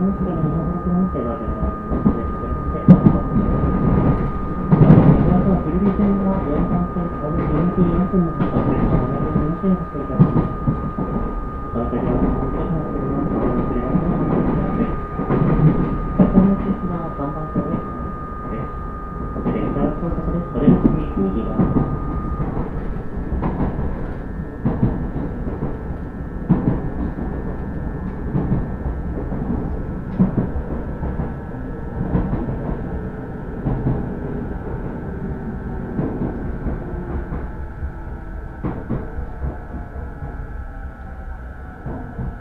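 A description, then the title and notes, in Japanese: An Uchibo Line rapid train runs toward Kisarazu with a steady low rumble, faint voices, rhythmic clicks and a thin steady whine. 鉄道旅 内房線快速 千葉→木更津。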